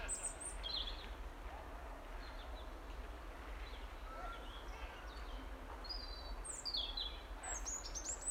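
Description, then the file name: European robin producing high, thin trills and downslurred whistles, most active near the end, above constant low-frequency background noise. "Erithacus rubecula"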